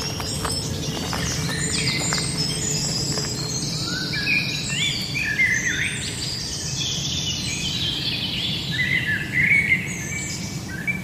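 A soundwalk at the Ludwigsteich near Roßdorf, with a steady low rumble running underneath throughout. Birds chirp and trill almost constantly over it, the calls piling up in bright overlapping bursts, with a livelier patch of song near the end.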